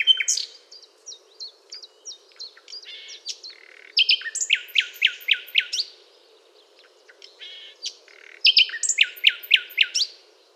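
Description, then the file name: Common nightingale song of many short chirps, then a loud rhythmic series of descending repeated notes, another quick run near the end; quiet hum in the background. "Luscinia megarhynchos"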